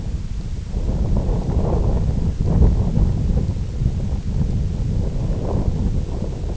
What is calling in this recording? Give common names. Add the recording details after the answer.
none. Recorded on Arctic tundra, site IGLO-F, on 18 June 2018. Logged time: 22:00